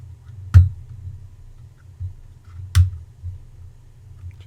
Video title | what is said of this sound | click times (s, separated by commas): HUBSAN ZINO - REPLACING THE MAIN MOTHER BOARD | press this end down and it will snap into place just like that | 0.5 s, 2.8 s